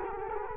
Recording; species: mosquito wingbeat signal from an infrared sensor; Culex quinquefasciatus